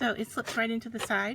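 A plastic measuring tool is slid toward its slot on the side of a craft project board while someone talks. Nothing has seated or clicked yet.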